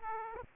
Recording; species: mosquito wingbeat signal from an infrared sensor; Aedes aegypti